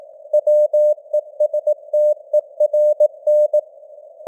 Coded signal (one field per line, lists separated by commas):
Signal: Morse code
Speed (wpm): 18 wpm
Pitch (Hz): 600 Hz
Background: none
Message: WESTERN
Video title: Morse Code News | 2025-10-08 | 18wpm